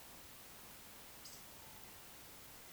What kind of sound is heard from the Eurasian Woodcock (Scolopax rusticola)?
whistle